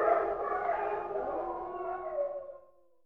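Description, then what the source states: Dog giving a drawn-out, wavering howl lasting over two seconds and fading away, with low background noise underneath. Recorded in a kennel.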